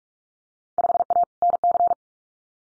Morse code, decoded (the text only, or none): 5A NC